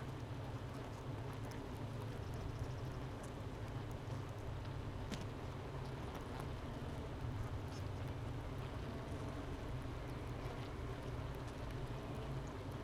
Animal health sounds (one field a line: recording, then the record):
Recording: honeybee colony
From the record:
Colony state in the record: missing queen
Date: 31 May 2018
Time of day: 9:25